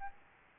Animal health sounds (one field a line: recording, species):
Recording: mosquito wingbeat signal from an infrared sensor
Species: Aedes albopictus